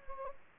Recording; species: mosquito wingbeat signal from an infrared sensor; Anopheles gambiae